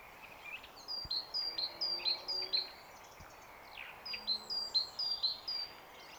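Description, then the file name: Great tit giving two bursts of rhythmic two-note whistles, a high note dropping to a lower one, each burst about two seconds, with a short pause between. "Parus major"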